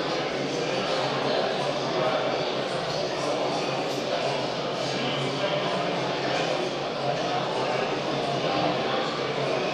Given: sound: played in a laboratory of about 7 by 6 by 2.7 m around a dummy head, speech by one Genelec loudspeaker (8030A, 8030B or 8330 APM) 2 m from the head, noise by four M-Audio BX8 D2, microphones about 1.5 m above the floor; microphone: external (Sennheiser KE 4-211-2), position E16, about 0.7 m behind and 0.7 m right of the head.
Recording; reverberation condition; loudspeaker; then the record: cafeteria noise; high; four, about 170 cm from the corners of the room and facing them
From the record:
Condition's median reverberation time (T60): about 1300 ms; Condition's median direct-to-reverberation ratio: about -4.0 dB